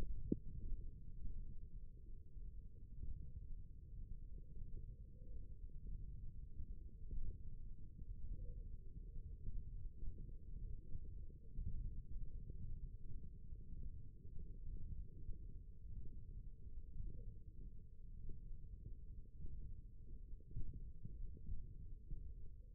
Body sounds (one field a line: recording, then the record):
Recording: forearm muscle sounds (acoustic myography)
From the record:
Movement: thumb flexion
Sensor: system 1, eight BSWA MPA416 microphones around the upper forearm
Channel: 1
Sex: male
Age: 23 years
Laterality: right